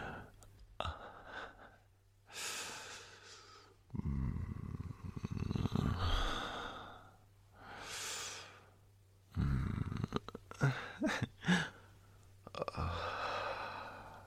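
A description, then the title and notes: A man moans and whimpers in uneven bursts, with breathy sighs and gasps between them. Several loud, rough moans stand out around four to seven seconds and again near ten seconds, set against a steady low hum that runs throughout. Male moaning & whimpering asmr.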